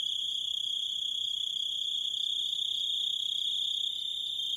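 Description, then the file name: Grasshopper stridulation: a single sustained, piercing high trill at constant pitch and volume throughout, with nothing else clearly heard. "zvuki kuznechika"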